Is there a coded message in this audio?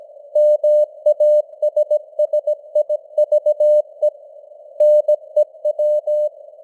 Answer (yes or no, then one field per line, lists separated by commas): yes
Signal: Morse code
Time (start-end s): 0.4-6.3 s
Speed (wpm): 17 wpm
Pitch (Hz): 600 Hz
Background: none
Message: MASSIVE NEW